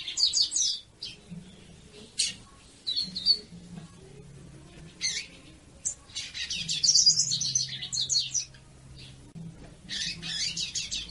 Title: Canto de Papa Capim. CANTO DE FÊMEA PARA ESQUENTAR PAPA CAPIM